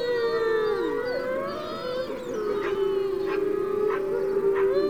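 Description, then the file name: Coyote or wolf howls: several overlapping howls forming a chorus, one steady long note beneath shorter wavering calls and brief sharp yelps. Coyote yip howls heard together with a wolf chorus howling. "Howls Growls - Coyote Yip Howls and Wolf Chorus Howls"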